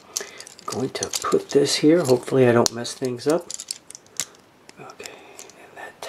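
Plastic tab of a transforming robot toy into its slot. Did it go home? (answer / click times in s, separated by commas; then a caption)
yes / 4.2 s. Someone talks while handling a small plastic transforming robot toy, a Transformers Generations Titans Return Autobot Wheelie, with light plastic clicks. The plastic tab is pushed into its slot and snaps sharply into place at 4.2 s, seating the tab.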